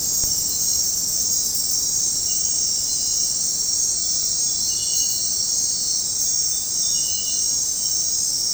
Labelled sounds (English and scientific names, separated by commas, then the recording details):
none
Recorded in dense forest near Puerto Asís, Putumayo, Colombia, on 21 February 2024 at 00:00
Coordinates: 0.503, -76.322
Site G6418